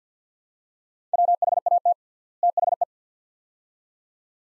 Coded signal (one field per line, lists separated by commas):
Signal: Morse code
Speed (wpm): 49 wpm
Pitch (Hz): 700 Hz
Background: none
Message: WHAT THE